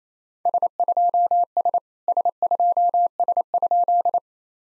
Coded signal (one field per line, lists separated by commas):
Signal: Morse code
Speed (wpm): 28 wpm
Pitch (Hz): 700 Hz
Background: none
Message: S2S S2S?